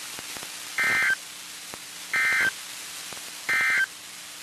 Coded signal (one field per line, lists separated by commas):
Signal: Emergency Alert System (SAME) tones